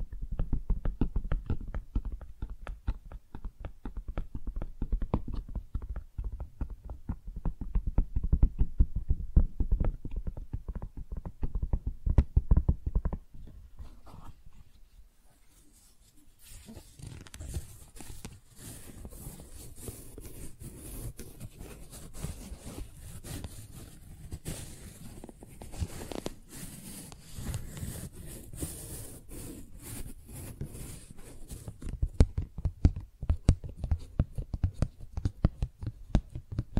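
Handling of flowers makes soft, dense rustling and crinkling, full and low for the first thirteen seconds. Near fifteen seconds it fades almost to silence, then returns as thinner, brighter crackling and tapping, growing busier again after thirty-two seconds.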